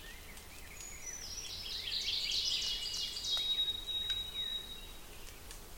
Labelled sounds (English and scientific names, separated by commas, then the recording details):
Ovenbird (Seiurus aurocapilla) song
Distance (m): 70 m
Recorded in boreal forest in Alberta, Canada, on 5 June 2016 at 08:32
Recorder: SongMeter 3, array SBT-3-51
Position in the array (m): 220 m, 8 m
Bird 27